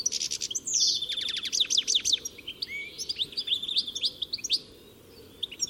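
Bird calls in a dense burst of quick, high, downward-sweeping chirps, then dropping to near quiet before a few final notes.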